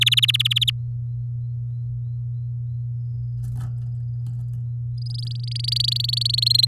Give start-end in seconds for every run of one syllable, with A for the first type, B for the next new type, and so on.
0.01-0.70 A, 4.98-6.19 B, 6.21-6.65 C